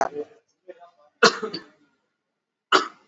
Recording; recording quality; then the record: heavy voluntary cough; excellent, no background noise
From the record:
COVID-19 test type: RT-PCR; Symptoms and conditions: cough, cold, fever, muscle pain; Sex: male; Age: 32 years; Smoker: yes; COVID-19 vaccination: both doses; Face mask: worn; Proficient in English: yes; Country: India